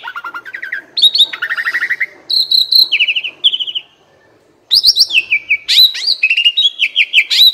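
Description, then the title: Asian pied starling song, varied phrases of repeated chattering notes and whistles, a short pause, then further rapid trills and slurred whistles. Used to train cage birds that sing too little or are sluggish. "Masteran Jalak Suren Atasi Burung KURANG GACOR Dan LOYO"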